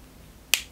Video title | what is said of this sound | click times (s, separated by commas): LOUIS VUITTON HOCKENHEIM BRACELET - TRY ON + REVIEW ‼️ | it snaps into place. | 0.5 s